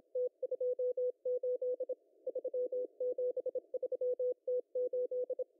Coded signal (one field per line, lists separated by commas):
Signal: Morse code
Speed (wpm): 27 wpm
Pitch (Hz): 500 Hz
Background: none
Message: T28 373T8